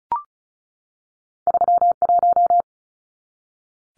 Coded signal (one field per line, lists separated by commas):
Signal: Morse code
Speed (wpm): 34 wpm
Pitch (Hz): 700 Hz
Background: none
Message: 31